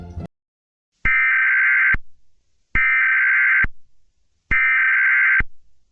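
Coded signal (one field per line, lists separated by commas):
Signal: Emergency Alert System (SAME) tones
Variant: header bursts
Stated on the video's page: Fictional EAS scenario tones about a "Deedo Invasion", not a real alert.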